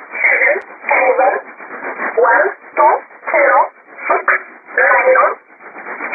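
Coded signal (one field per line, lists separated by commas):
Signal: numbers station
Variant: E11 Oblique, English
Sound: short spoken words, about seven, evenly paced in a narrow, tinny voice over radio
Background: radio static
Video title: 05 12 2017 Numbers station E11 Oblique in English to Eu 0717 on 9130 unknown tx site in USB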